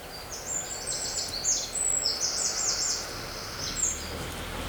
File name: Troglodytes troglodytes